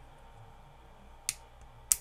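The gears and half shaft of the dynamic drum motor gear assembly in a JVC HR-S9600U S-VHS VCR, which only stays on for a few seconds, are pressed back into their mounts by hand. Over a low steady background, two sharp snaps ring out at 1.3 s and 1.9 s. The parts seat in place.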